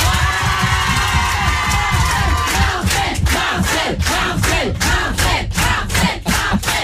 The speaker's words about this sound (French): c'est toi qui vas dire allez, public, et le public va applaudir. Allez, le public.